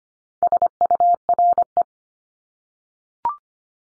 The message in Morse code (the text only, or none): SURE